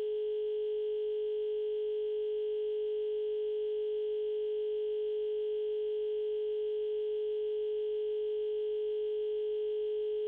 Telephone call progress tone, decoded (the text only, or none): dial tone